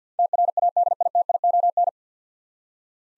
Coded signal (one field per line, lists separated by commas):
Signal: Morse code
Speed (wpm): 50 wpm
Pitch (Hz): 700 Hz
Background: none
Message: TRADITION